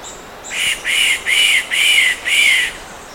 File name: yellow throated woodpecker